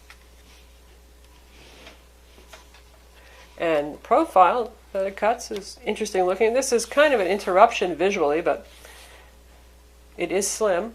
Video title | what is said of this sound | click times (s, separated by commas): Lenovo IdeaTab Lynx Review | Drops in like so. You hear it lock in firmly | 0.1 s